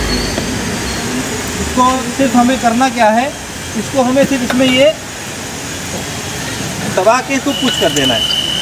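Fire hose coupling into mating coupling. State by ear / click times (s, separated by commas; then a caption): not seated / none. A fire hose coupling is handled and lined up to be pressed and pushed into its mating coupling while someone talks over a steady background hum. Nothing has seated or clicked yet by the end of the clip.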